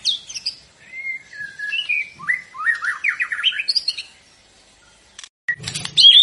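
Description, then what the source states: White-rumped shama song: varied whistled phrases, high notes falling to a run of rising slurred notes, then a short pause and a burst of harsh sounds. White-rumped shama described as gacor, a bird in full, continuous song; meant to make birds respond.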